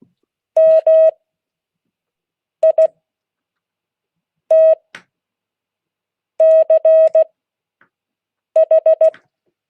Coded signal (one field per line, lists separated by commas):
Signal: Morse code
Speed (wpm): 16 wpm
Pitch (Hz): 640 Hz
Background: none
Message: MITCH